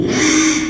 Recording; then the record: squeal of a Yucatan mini pig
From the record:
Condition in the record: after surgery on the right vocal fold (resection and tissue-engineered implant); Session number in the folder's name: 3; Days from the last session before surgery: 33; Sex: male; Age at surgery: 12 weeks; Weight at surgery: 13 kg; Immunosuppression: cyclosporine, prednisolone